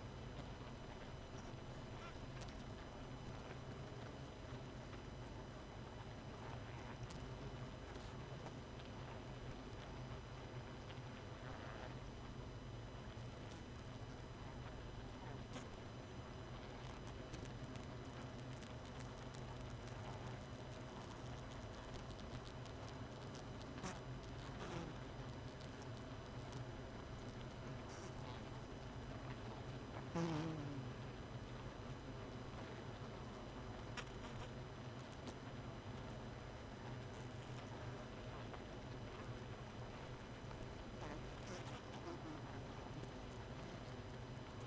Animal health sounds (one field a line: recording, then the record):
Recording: honeybee colony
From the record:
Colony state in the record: missing queen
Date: 31 May 2018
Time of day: 1:16